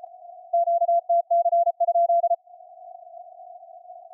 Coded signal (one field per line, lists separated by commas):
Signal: Morse code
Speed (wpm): 33 wpm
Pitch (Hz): 690 Hz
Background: none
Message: QTC?